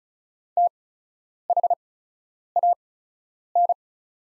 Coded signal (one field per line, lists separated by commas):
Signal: Morse code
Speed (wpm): 36 wpm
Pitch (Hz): 700 Hz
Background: none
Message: THAN